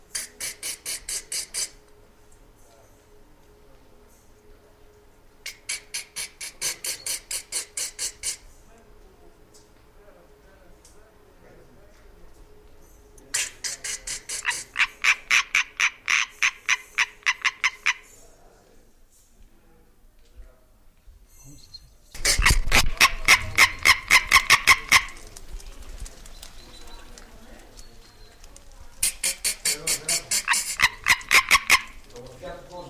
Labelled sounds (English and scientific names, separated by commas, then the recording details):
Common Tree Frog (Hyla arborea) call
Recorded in the wild
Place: Kloster Kera, Insel Kreta, GR
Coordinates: 35.2242, 25.4619
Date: 1996-09-29 17:15
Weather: 18°C, rain
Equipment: Sony MD-WM MZ-R3, Sennheiser MKH 416 T, Kopie Uher 4000 Report Monitor
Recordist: Tembrock, Günter
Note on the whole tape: Durch Imitation ausgelöste Lautfolgen (hatte vorher gerufen)